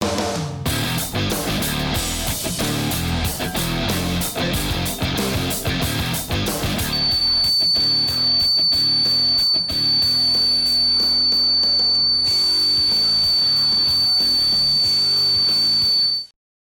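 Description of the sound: A loud, dense buzzing noise with fast rhythmic pulsing runs throughout, and a steady high-pitched tone joins it after about seven seconds. This is a simulated example of buzzing tinnitus, a sound heard in the ears with no outside source.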